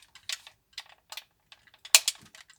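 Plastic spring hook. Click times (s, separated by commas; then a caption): 2.0 s. On the model armor, the half-chest piece is pushed onto the chest section so its plastic hook, reinforced with a steel compression spring, snaps in with a sharp click at 1.9 s. Softer ticks and taps come before and after it. The hook is seated and the piece no longer comes down.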